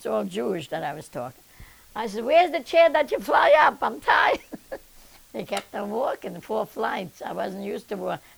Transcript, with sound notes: It's all Jewish that I was talking. I said, "Where's the chair that you fly up? I'm tired." ( she laughs ) We kept on walking four flights. I wasn't used to walking.